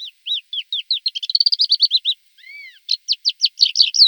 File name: thekla lark